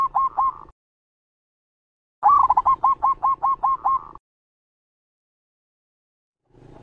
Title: Perkutut Mana Yang Nggak Ikut Manggung Dengar Suara Perkutut Masteran Ini